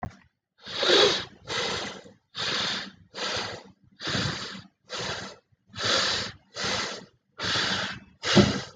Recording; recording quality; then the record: shallow breathing; excellent, no background noise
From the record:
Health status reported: COVID-19 positive, mild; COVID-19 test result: positive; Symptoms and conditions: cough, fatigue, muscle pain, loss of smell and taste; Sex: male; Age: 27 years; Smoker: not ticked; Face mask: not worn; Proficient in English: yes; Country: India